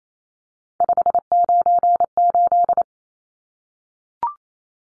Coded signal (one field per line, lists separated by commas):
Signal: Morse code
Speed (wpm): 28 wpm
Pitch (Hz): 700 Hz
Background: none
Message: 598